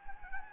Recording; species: mosquito wingbeat signal from an infrared sensor; Anopheles gambiae